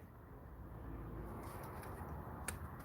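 A click-type torque wrench tightens the bottom bolt of the oil filter housing on a 2006–2013 BMW 325i, 328i or 330i engine, against a steady low background hum. The wrench gives one sharp click at 2.5 s, reaching its set torque of 16 Nm.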